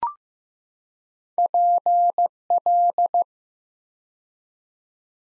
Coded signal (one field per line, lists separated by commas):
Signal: Morse code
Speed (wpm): 15 wpm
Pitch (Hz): 700 Hz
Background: none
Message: PL